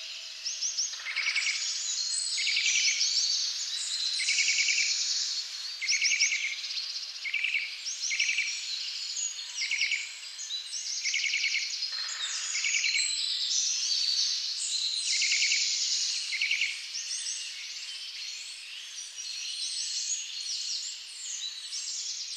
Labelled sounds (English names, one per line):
Eurasian Nuthatch song